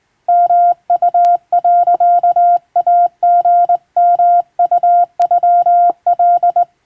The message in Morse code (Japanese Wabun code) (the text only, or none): ヨウ、イリヨウノカ